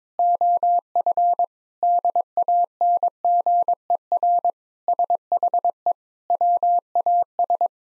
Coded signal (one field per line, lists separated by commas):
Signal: Morse code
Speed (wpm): 22 wpm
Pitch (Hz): 700 Hz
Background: none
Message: OF DANGER SHE WAS